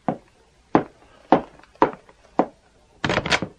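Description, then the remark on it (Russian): Five heavy, evenly spaced thuds land on a wooden door as someone demands it be opened in the name of Queen Mary, followed by a longer rattling clatter as the door is unlatched and pulled open, in a Christian children's audio story. “Именем королевы Мэри, открой дверь.”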